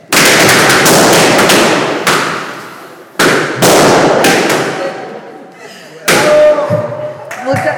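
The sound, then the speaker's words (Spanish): A burst of many balloons popping at once as a group bursts their balloons on a count of three for a collective poem: a rapid cluster of sharp, loud bangs repeating in several waves over a few seconds, with some voices audible underneath. “La propuesta es que a la cuenta de tres hagamos un poema colectivo reventando nuestro globo.”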